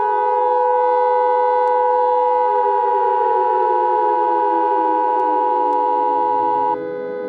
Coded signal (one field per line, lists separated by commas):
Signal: Emergency Alert System (SAME) tones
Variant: 853 and 960 Hz attention tone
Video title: Mother Nature Got Mad (Eas scenario)